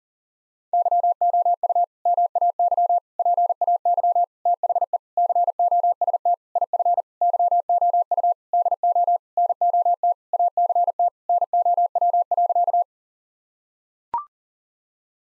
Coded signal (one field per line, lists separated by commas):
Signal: Morse code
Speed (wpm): 40 wpm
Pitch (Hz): 700 Hz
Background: none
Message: YOU MAY PAY THE COST IF YOU DO NOT ACT NOW.